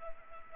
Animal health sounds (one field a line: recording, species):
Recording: mosquito wingbeat signal from an infrared sensor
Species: Culex pipiens